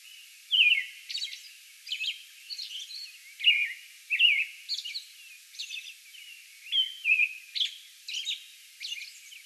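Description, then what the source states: American robin song: clear whistled phrases mixed with sharp high squeaky notes. Song bout recorded on May 11.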